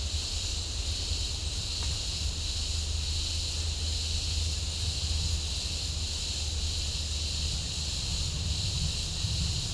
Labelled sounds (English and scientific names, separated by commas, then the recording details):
none
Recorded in pastures near Puerto Asís, Putumayo, Colombia, on 20 December 2024 at 09:30
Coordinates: 0.496, -76.326
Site G004